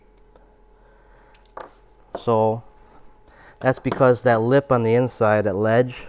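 After a mismatched fitting fails to lock, a compatible 1/4 inch gas hose quick-connect plug is pushed into the coupler on a Harbor Freight Predator 5000 inverter generator being converted to natural gas. A few faint ticks lead to a sharp click at 1.6 s as the plug locks in, its inner lip pressing against a button inside the coupler. Someone then talks.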